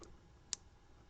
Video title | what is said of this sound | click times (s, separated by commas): TG7 - How to rebuild connectors | and you can hear an audible snap and then when you tug on it it's not going to come back out | 0.5 s